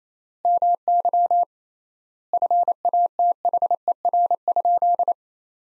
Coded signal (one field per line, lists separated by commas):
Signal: Morse code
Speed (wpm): 28 wpm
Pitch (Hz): 700 Hz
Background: none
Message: MY FATHER?